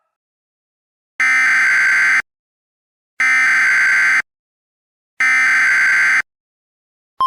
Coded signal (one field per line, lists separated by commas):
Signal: Emergency Alert System (SAME) tones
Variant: header bursts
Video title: thirty years: an EAS scenario